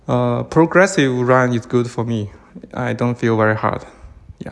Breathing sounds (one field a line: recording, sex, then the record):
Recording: free speech after running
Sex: male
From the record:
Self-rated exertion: light exertion (2 of 6)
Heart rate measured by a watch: 107 beats a minute at the start, 108 at the end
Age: 37 years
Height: 174 cm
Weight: 76 kg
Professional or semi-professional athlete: no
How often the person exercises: over 5 times a week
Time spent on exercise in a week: over 5 hours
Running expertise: yes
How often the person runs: 3 to 5 times a week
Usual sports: running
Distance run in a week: 70 km